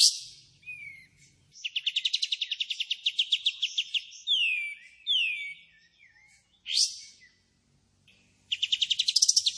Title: KAPAS TEMBAK GACOR TEMBAKAN DAN BESETAN PANJANG